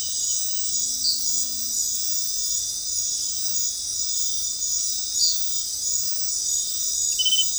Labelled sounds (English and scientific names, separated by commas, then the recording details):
none
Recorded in dense forest near Puerto Asís, Putumayo, Colombia, on 21 February 2024 at 22:00
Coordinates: 0.500, -76.322
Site G6465